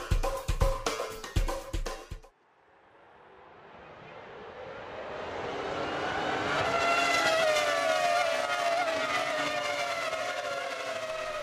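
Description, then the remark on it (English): Loud Formula One racing car engines roar, first in a few sharp revving bursts, then a sustained high-pitched whine that swells steadily louder and holds, with no talking. “Tell from the roar of the engines, but for the last few years, Formula One cars have been just a little bit more eco-friendly.”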